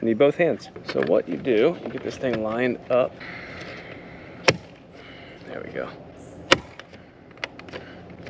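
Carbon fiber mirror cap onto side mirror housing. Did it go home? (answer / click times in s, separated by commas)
yes / 6.5 s, 7.4 s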